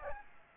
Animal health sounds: mosquito wingbeat signal from an infrared sensor; Aedes aegypti

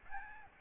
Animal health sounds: mosquito wingbeat signal from an infrared sensor; Aedes albopictus

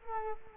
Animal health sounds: mosquito wingbeat signal from an infrared sensor; Culex quinquefasciatus

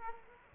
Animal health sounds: mosquito wingbeat signal from an infrared sensor; Culex quinquefasciatus

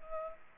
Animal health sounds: mosquito wingbeat signal from an infrared sensor; Culex pipiens

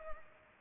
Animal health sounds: mosquito wingbeat signal from an infrared sensor; Culex pipiens

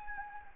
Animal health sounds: mosquito wingbeat signal from an infrared sensor; Anopheles gambiae

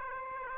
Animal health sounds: mosquito wingbeat signal from an infrared sensor; Aedes aegypti

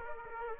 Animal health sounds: mosquito wingbeat signal from an infrared sensor; Aedes aegypti

